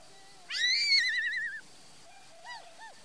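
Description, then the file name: Laughingthrush song: a long, rich whistle that wavers and slides downward, followed after a pause by two short arched notes. "Tieng khuou hot"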